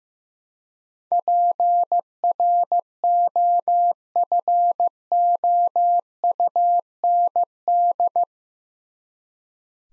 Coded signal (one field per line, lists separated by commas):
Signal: Morse code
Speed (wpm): 15 wpm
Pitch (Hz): 700 Hz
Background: none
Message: PROFOUND